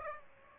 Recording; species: mosquito wingbeat signal from an infrared sensor; Aedes aegypti